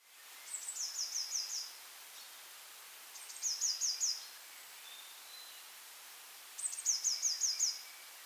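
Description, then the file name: Eurasian blue tit song: a high sharp note then a rapid, even trill, given three times with short gaps, against faint hiss. "Cyanistes caeruleus"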